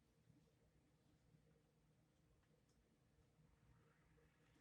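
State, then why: Not seated. An M.2 NVMe SSD is being handled as it is fitted into its metal heatsink enclosure, with only faint handling and rubbing noise over a low steady background. The SSD has not seated or clicked into the heatsink yet.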